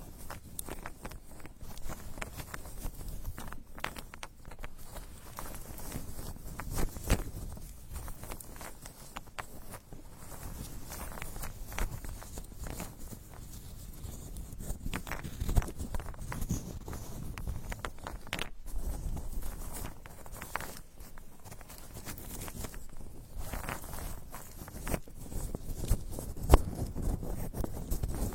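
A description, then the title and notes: Close, crackly scratching and rustling from a straw working around the ear, in a dense, uneven stream of small clicks and scrapes. A soft low rumble sits underneath throughout, with a few sharper pops near 7, 18 and 26 seconds. Unique straw therapy ear digging experience.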